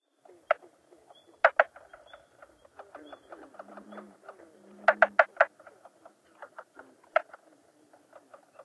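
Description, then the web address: Mink frog giving scattered hollow knocking notes, some in quick bursts of three or four, with a brief low hum in the middle. North America. "Songs of Frogs Toads of North America. Mink Frog"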